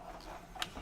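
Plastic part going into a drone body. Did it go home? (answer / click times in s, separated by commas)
yes / 0.6 s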